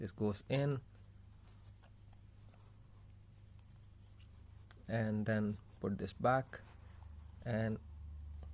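A new coin cell goes into a BMW key fob (X3, X4, X5, X6), and the plastic battery cover is handled as it is about to be pressed back on. Someone talks over a low steady hum, with only a few faint, brief handling ticks. Nothing has seated or clicked yet.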